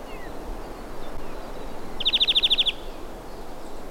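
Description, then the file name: European greenfinch giving a single rapid, even trill of about ten bright chirps lasting under a second, over a steady background hiss. "Chloris chloris"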